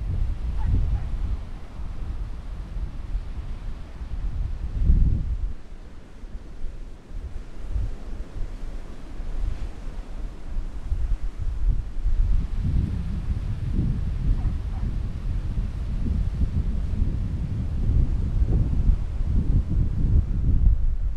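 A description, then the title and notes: Wind buffets the microphone on a windy beach walk, a constant low rumble that swells and drops in uneven gusts. Stronger blasts hit around five seconds and again from about twelve seconds onward. A faint wash of surf may sit underneath. Windy beach walk. It's autumn and the afternoon sun is low in the sky.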